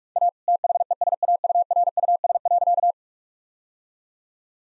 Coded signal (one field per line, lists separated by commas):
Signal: Morse code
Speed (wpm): 41 wpm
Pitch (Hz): 700 Hz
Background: none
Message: A THESAURUS.